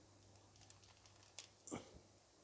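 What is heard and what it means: A plastic hand from a Marvel Legends Armored Thanos Build-A-Figure is pressed again onto the arm peg in a retry, with a sharp click at 1.4 seconds among faint handling taps. A louder rustling knock follows just after. The hand ends up only partly seated, accepted as the best fit achievable rather than fully home.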